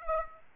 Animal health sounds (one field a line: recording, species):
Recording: mosquito wingbeat signal from an infrared sensor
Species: Aedes aegypti